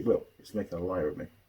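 A small metal nut is being handled on a tiny screw of a metal construction-kit model, turned backwards to find the start of the thread. Someone talks throughout, and nothing has seated or clicked into the threads yet.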